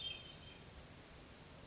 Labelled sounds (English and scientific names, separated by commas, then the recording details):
Hermit Thrush (Catharus guttatus)
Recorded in Sonoma County, California